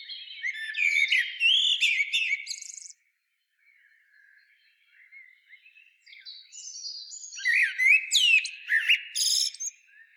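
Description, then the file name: Common blackbird song: two loud phrases of mellow whistled notes ending in sharp, high twittering, separated by a few seconds of quiet. "Turdus merula"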